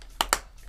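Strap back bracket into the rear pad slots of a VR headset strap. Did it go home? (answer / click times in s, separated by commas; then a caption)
yes / 0.2 s, 0.3 s. The plastic back bracket of a replacement Kiwi Design head strap for an Oculus Quest 2 VR headset is dropped into the rear pad slots and snaps home. Two sharp clicks are heard at 0.2 s and 0.3 s, and the bracket is seated.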